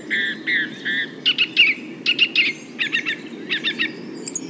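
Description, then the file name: Nightingale song opening with three slow, pure whistled notes, then rapid stuttering bursts and throaty trilled phrases. Several nightingales. "rossignols"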